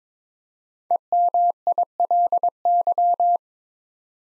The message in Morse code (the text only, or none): EMILY